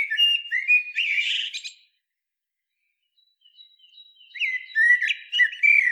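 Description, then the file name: Eurasian blackbird song: a warbled phrase ending in a harsh, scratchy burst, a silent gap, then a second phrase of fluting notes and high squeaks. "Turdus merula"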